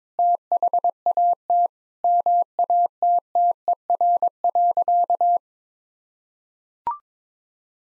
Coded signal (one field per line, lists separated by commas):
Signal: Morse code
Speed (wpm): 22 wpm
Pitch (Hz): 700 Hz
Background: none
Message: THAT MATTER.